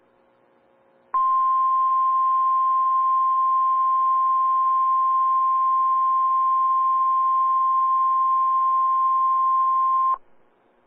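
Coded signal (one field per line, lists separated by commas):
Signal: Emergency Alert System (SAME) tones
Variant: 1050 Hz attention tone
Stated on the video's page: Live Required Weekly Test on a NOAA weather radio station.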